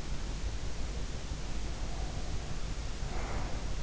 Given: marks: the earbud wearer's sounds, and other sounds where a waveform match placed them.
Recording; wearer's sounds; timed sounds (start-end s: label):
sounds in sleep by an in-ear microphone; breath
0.64-3.83 s: sound from someone else or the room
1.42-3.76 s: breath